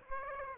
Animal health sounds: mosquito wingbeat signal from an infrared sensor; Aedes aegypti

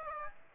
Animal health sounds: mosquito wingbeat signal from an infrared sensor; Aedes aegypti

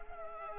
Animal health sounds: mosquito wingbeat signal from an infrared sensor; Culex pipiens

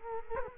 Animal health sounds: mosquito wingbeat signal from an infrared sensor; Culex quinquefasciatus

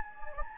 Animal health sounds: mosquito wingbeat signal from an infrared sensor; Anopheles gambiae

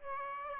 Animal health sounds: mosquito wingbeat signal from an infrared sensor; Aedes aegypti

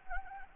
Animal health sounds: mosquito wingbeat signal from an infrared sensor; Anopheles gambiae

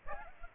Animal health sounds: mosquito wingbeat signal from an infrared sensor; Aedes aegypti

